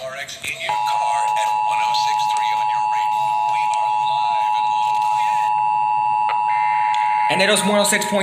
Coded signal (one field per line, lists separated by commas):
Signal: Emergency Alert System (SAME) tones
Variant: 853 and 960 Hz attention tone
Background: speech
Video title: (EAS #328 - #335) 2021 NATIONAL PERIODIC TEST DAY - EAS Tests from 8/11/21